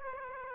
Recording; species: mosquito wingbeat signal from an infrared sensor; Aedes aegypti